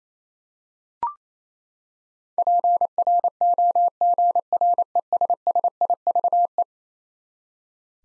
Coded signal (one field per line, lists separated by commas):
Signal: Morse code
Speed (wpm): 28 wpm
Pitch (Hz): 700 Hz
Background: none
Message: PROGRESSIVE